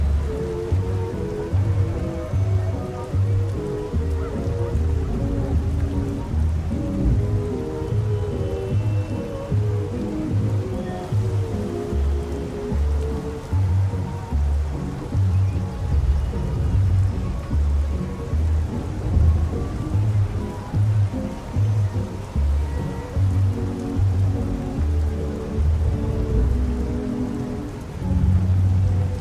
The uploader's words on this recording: A Perfect Parisian Night (Music Playing With Traffic Noises). Oldies In Another Room While Traffic Noises Play Out The Open Window.